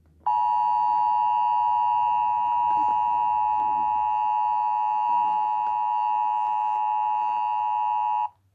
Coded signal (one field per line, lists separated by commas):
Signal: Emergency Alert System (SAME) tones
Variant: 853 and 960 Hz attention tone